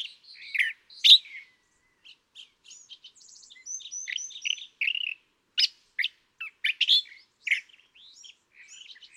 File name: California Thrasher